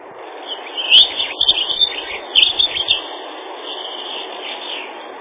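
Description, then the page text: Dunnock song: a fast jingling run of thin high notes from about one to three seconds, then only hiss. "Лесная завирушка — Prunella modularis"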